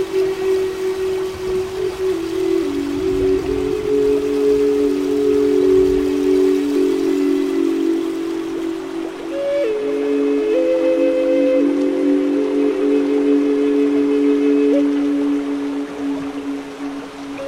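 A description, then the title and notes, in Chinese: Native American flute music plays slow, long sustained notes that shift between a few pitches, with a higher phrase rising near the middle and a steady lower tone beneath. A soft, even hiss of rain runs underneath throughout. 美国原住民长笛放松音乐+雨声和大自然的声音。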